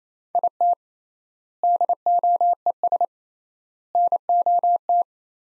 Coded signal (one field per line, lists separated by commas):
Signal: Morse code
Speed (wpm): 28 wpm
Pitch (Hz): 700 Hz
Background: none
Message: IT DOES NOT